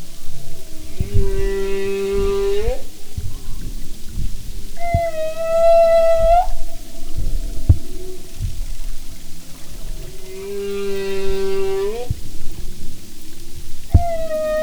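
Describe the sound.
Humpback whale song phrases repeating: low harmonic moans rising at the end alternate with higher tonal cries, the pattern recurring about every nine seconds over underwater rumble.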